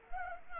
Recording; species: mosquito wingbeat signal from an infrared sensor; Anopheles arabiensis